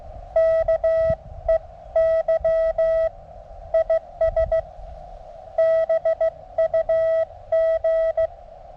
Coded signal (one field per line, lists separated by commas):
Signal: Morse code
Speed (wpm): 17 wpm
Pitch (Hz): 650 Hz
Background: none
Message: KEY IS BUG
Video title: 17' Whip Resonant ~ NO Antenna Tuner Needed! ~ QRP Mountain Topper MTR 3B